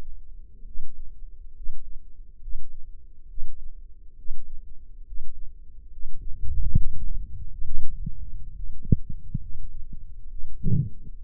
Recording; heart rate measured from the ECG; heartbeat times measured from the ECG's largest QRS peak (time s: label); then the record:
heart sounds by microphone in the left ear; 69 bpm
0.65 s: heartbeat
1.54 s: heartbeat
2.41 s: heartbeat
3.28 s: heartbeat
4.16 s: heartbeat
5.05 s: heartbeat
5.90 s: heartbeat
6.75 s: heartbeat
7.63 s: heartbeat
8.53 s: heartbeat
9.40 s: heartbeat
10.29 s: heartbeat
11.15 s: heartbeat
From the record:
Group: healthy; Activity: rest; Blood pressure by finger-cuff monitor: 160/99 mmHg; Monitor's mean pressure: 119 mmHg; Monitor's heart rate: 68 bpm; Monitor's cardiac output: 5.4 L/min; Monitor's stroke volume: 80 mL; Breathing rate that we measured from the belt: 17 breaths a minute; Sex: male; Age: 35 years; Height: 178 cm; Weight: 64 kg